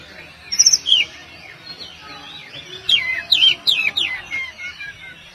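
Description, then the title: Oriental magpie-robin song with a high whistled slur early on, then a rapid cluster of clear descending whistles around three to four seconds. "Kacer"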